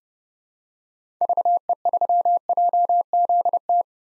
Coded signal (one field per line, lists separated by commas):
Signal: Morse code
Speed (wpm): 30 wpm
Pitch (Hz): 700 Hz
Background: none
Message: VE3JZT